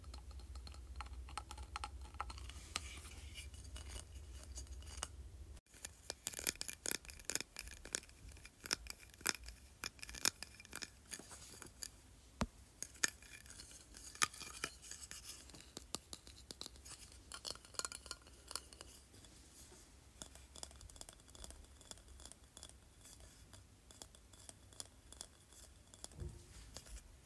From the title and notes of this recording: ASMR Tapping Plastic Trophy.